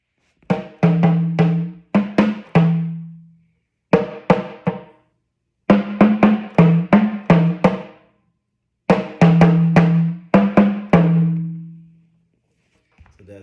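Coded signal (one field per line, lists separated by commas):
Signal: talking drum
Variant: Yoruba sakara drum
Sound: four phrases of resonant low drum strokes, pitch slightly shifting, separated by short pauses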